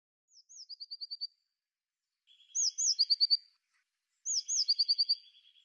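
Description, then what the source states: Eurasian blue tit song: three phrases, each opening with high thin notes before a quick trill. Later phrases add a lower buzzy trill underneath. Quiet background between phrases. Song; a sound that fits spring.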